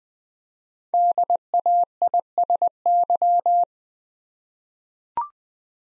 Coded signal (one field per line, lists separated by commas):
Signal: Morse code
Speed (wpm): 20 wpm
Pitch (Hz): 700 Hz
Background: none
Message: DAISY